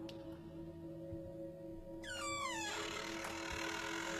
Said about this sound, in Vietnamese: Thế nhưng khi nó vừa quay đi thì tiếng bản lề cửa nhà vệ sinh kẽo kẹt mở ngay sau lưng của nó.